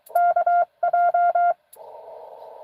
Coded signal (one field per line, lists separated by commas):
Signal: Morse code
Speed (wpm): 24 wpm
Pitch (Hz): 700 Hz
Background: none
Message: KJ